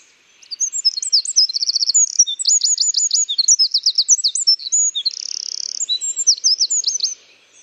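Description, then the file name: Eurasian wren singing a fast, high-pitched burst of ringing notes and rattling trills lasting over six seconds, with one sustained buzzy trill late in the phrase; otherwise quiet background. "Troglodytes troglodytes"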